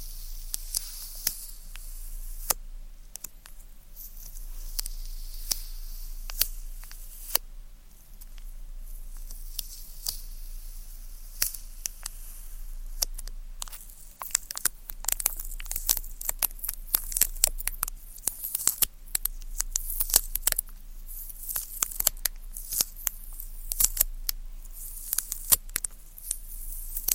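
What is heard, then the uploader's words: Ear cleaning with tweezers: sharp, sticky clicks and small crackles pop out one at a time, sparse for the first dozen seconds, then coming thick and fast until the end. A faint, high hiss sits under the opening seconds, with a low steady hum throughout. ASMR Tingly Tascam Triggers Ear Cleaning, Tweezers, Sticky Sounds, Spray Bottle (No Talking).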